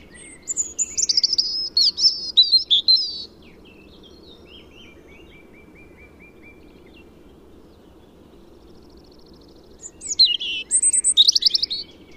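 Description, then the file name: European robin with a tumbling, varied phrase of high whistles and trills, soft lower notes trailing off, then another bright phrase after a long gap. "Erithacus rubecula"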